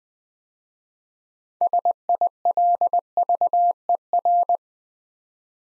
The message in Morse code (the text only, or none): SILVER